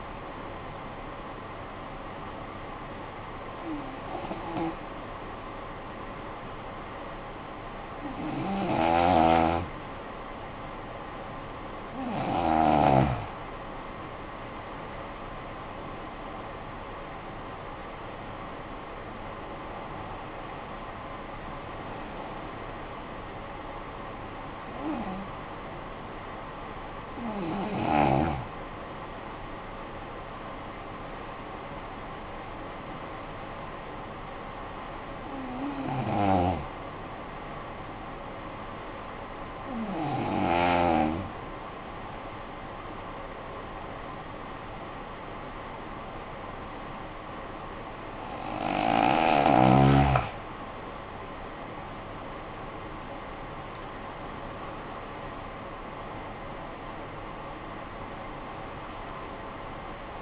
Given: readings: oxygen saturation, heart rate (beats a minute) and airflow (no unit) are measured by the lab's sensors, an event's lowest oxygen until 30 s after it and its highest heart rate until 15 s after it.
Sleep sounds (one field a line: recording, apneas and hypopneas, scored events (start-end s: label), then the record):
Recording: breathing in sleep by a voice recorder at the bedside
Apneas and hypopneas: 2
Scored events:
5.00-16.30 s: hypopnea (N1, oxygen 96% highest, then 90% lowest, heart rate 51 at the start, 68 highest)
36.00-52.00 s: hypopnea (N1, oxygen 95% highest, then 85% lowest, heart rate 53 at the start, 67 highest)
From the record:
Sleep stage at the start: N1 (lightest sleep)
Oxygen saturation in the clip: 86 to 96%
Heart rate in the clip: 47 to 68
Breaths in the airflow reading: 13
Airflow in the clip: -13.1 to 11.3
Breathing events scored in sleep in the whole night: 445 in 7.6 hours asleep